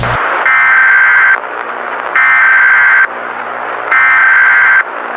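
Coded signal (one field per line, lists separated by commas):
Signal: Emergency Alert System (SAME) tones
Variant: header bursts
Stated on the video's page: Fictional EAS simulation of a nationwide blackout, using altered rather than actual header tones to avoid triggering receivers.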